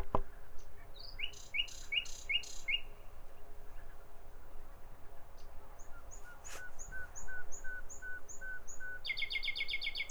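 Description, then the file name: Common nightingale song: repeated rising notes early, a slow series of soft piping notes in the middle, then a rapid trill at the end. "Nachtigall"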